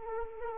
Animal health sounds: mosquito wingbeat signal from an infrared sensor; Anopheles arabiensis

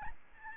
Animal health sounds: mosquito wingbeat signal from an infrared sensor; Aedes albopictus

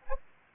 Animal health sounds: mosquito wingbeat signal from an infrared sensor; Anopheles gambiae

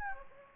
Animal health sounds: mosquito wingbeat signal from an infrared sensor; Anopheles gambiae

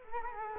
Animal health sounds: mosquito wingbeat signal from an infrared sensor; Culex quinquefasciatus

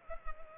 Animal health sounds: mosquito wingbeat signal from an infrared sensor; Culex pipiens

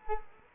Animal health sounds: mosquito wingbeat signal from an infrared sensor; Culex quinquefasciatus

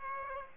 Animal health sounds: mosquito wingbeat signal from an infrared sensor; Aedes aegypti

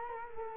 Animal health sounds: mosquito wingbeat signal from an infrared sensor; Culex quinquefasciatus

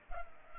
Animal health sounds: mosquito wingbeat signal from an infrared sensor; Culex pipiens

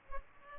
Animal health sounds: mosquito wingbeat signal from an infrared sensor; Culex pipiens

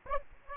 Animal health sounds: mosquito wingbeat signal from an infrared sensor; Aedes aegypti

